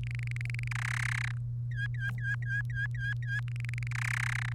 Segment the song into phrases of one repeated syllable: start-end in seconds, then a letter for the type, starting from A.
0.03-0.68 A, 0.71-1.31 B, 1.71-3.40 C, 3.48-3.87 A, 3.91-4.53 B